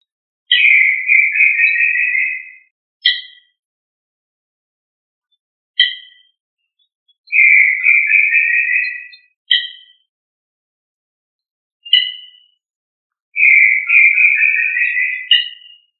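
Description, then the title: Quail calls: three buzzy trills about two seconds long, interspersed with short sharp chirped notes, in an otherwise silent background. Listed under the tinamou family Tinamidae. "Familia Tinamidae - Quail - Puyuh"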